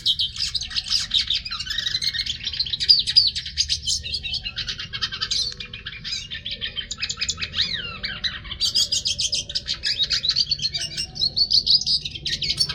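Hooded siskin twittering steadily: high, scratchy chirps mixed with buzzy trills and a few slurred whistled notes, continuing with little pause.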